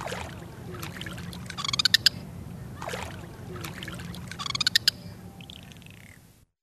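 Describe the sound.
Bottlenose dolphin click trains in two quick bursts, with a faint short whistle afterward over steady low underwater noise.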